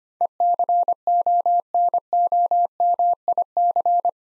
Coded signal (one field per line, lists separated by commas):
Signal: Morse code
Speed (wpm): 25 wpm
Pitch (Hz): 700 Hz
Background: none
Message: ECONOMIC